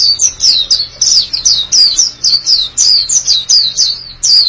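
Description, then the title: White-eye giving bright, high, downward-slurred chirps in quick bursts with brief gaps, over a quiet low hum. "Kicauan Burung Pleci Durasi Panjang"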